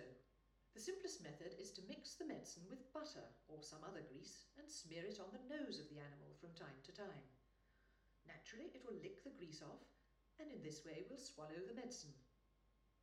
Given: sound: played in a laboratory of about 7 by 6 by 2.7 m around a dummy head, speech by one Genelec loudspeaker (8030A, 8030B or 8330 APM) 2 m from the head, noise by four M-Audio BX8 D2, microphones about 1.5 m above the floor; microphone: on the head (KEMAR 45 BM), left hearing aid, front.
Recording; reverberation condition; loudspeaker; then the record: female speech in English; medium; 60 degrees to the left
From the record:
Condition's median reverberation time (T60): about 510 ms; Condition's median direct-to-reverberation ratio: about -0.5 dB